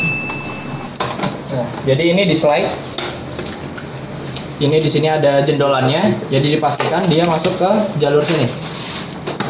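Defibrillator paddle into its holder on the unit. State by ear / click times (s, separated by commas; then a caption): seated / 9.3 s, 9.4 s. A defibrillator paddle on a BeXen Cardio Reanibex 700 is slid along its guide track into its holder on the unit while someone talks. Scattered plastic knocks and scrapes accompany the sliding. The paddle snaps into its holder with clicks at 9.3 s and 9.4 s.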